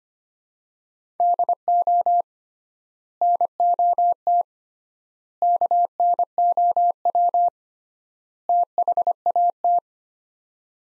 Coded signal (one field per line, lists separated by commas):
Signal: Morse code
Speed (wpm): 25 wpm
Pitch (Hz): 700 Hz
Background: none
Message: DO NOT KNOW THAT